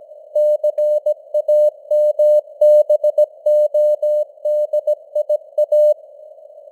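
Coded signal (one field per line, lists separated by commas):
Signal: Morse code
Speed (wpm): 17 wpm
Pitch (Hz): 600 Hz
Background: none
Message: CAMBODIA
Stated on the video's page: Morse news headlines at 17 wpm with simulated radio noise and fading signal strength (QSB).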